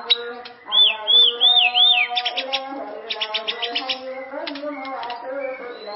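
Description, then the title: White-rumped shama song opening with a looping wavering whistle, then quick repeated clicks and short notes, above a steady humming harmonic background. "murai batu"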